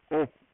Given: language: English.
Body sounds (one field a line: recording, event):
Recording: throat vibration sensor signal played as sound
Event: speech